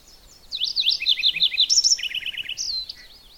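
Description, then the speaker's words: Warbler song: a rapid series of high, slurred notes, then a short repeated burst and a final thin whistled flourish, clear against a quiet background. Male singing close by, perched near the tip of a spruce branch, in boreal black spruce and cedar lowlands in the morning; a reasonably common ground-nesting warbler that feeds high in trees. "I can see him sing. He's perched on the edge of a spruce tree branch just out towards the tip. An amazing song, too."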